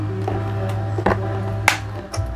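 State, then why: Seated. A warmed LED running stop lamp is pressed into the plastic rear body of a scooter (Vario 125/150, LED 8-mode). Over a steady hum with music-like tones, light taps and knocks are heard, and a sharp snap at 1.7 s marks the housing's plastic clips latching home. Warming the part lets it latch by itself.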